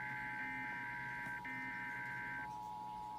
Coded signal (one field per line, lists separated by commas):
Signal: Emergency Alert System (SAME) tones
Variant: header bursts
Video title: Riverside San Bernardino Required Monthly Test EAS #494 499